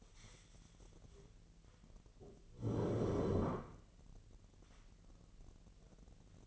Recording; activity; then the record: daily activity, microphone in the room; stand up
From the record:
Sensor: 4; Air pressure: 1002.7 hPa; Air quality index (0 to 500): 250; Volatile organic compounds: 33 ppm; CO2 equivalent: 3030 ppm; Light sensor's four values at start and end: 11/24/10/10 and 11/24/10/10